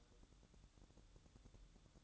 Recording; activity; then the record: daily activity, microphone in the room; light off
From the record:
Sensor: 3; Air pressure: 1007.9 hPa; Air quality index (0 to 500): 94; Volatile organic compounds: 1 ppm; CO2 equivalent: 789 ppm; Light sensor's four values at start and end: 17/46/19/18 and 11/26/11/11